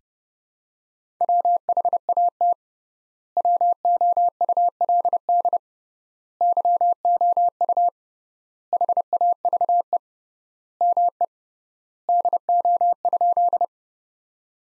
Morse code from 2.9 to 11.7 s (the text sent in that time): WOULD YOU HAVE ME